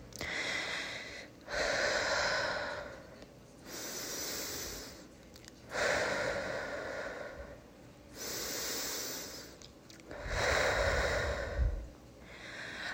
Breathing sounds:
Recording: deep breathing after running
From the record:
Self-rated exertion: moderate exertion (3 of 6)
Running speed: 5 miles an hour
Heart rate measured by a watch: 141 beats a minute at the start, 139 at the end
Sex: female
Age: 18 years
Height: 171 cm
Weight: 75 kg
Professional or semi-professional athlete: no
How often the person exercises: 1 to 2 times a week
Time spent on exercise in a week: under 1 hour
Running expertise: no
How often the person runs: 1 to 2 times a week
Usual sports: running, fencing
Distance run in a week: 3 km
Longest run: 21.3 km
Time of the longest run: 190 minutes

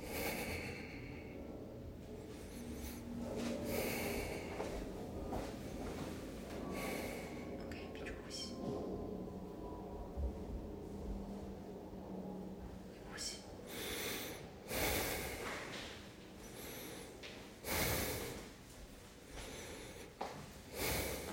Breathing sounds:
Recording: deep breathing after running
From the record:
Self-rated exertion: very light exertion (1 of 6)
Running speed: 6 miles an hour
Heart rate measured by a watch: 107 beats a minute at the start, 101 at the end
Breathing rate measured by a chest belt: 13 breaths a minute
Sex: male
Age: 25 years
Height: 174 cm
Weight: 71 kg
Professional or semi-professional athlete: no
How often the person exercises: 3 to 5 times a week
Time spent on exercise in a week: 2 to 3 hours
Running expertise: no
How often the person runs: 1 to 2 times a week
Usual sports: running, swimming, badminton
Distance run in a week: 8 km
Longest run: 10 km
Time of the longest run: 48 minutes

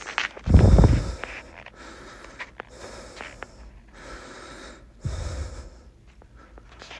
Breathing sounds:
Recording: deep breathing after running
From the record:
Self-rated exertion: moderate exertion (3 of 6)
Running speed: 9 miles an hour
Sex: male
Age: 37 years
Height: 174 cm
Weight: 76 kg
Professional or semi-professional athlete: no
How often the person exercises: over 5 times a week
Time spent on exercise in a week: over 5 hours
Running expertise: yes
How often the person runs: 3 to 5 times a week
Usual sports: running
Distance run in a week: 70 km

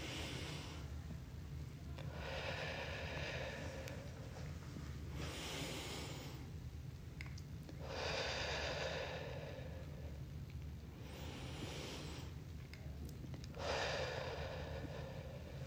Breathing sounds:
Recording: deep breathing after running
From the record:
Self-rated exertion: light exertion (2 of 6)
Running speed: 5 miles an hour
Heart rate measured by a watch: 60 beats a minute at the start, 57 at the end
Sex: female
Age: 62 years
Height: 160 cm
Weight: 54 kg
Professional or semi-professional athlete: no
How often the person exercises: 3 to 5 times a week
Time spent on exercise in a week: 3 to 4 hours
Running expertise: no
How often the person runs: 3 to 5 times a week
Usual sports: running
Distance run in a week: 30 km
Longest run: 42 km

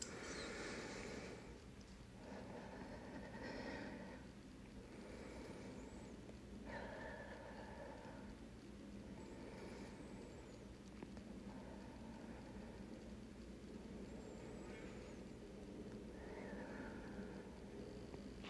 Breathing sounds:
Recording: deep breathing after running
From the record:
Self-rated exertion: vigorous exertion (4 of 6)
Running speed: 8 miles an hour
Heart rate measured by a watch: 104 beats a minute at the start, 100 at the end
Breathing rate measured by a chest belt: 11 breaths a minute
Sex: female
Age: 26 years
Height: 172 cm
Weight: 60 kg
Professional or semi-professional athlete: no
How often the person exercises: over 5 times a week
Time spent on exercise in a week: over 5 hours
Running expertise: yes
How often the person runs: 3 to 5 times a week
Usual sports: running, interval training, yoga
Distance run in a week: 50 km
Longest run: 21 km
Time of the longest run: 122 minutes

